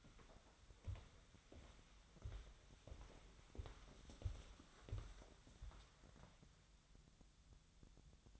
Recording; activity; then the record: daily activity, microphone in the room; walk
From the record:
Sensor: 3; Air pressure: 1015.4 hPa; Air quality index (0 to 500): 122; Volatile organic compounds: 5 ppm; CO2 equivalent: 1716 ppm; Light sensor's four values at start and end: 14/37/14/16 and 16/42/17/18